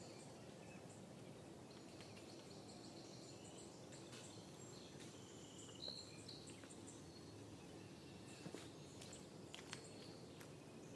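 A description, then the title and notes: An unidentified bird calls in brief, bright chirps high in pitch, the clearest near six seconds, with scattered faint ticks and clicks elsewhere. Underneath, a steady low rumble and dense hiss of insects or ambience fill the whole clip without pause. Unidentified bird call.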